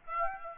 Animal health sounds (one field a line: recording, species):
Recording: mosquito wingbeat signal from an infrared sensor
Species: Aedes aegypti